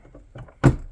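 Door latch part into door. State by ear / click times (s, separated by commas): seated / 0.6 s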